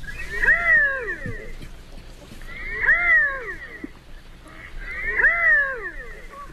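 Redhead giving nasal, cat-like meowing calls, each rising then falling, three calls about two and a half seconds apart.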